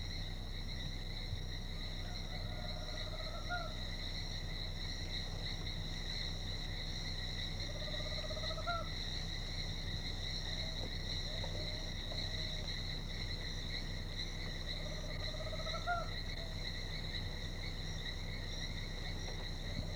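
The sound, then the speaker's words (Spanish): A screech owl in Colombia gives three short, rising calls spaced several seconds apart, accompanied by a rooster, set against a steady, high-pitched drone of crickets and insects and a low background hum. “Un currucutú acompañado con el gallo.”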